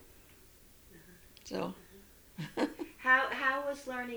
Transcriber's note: she laughs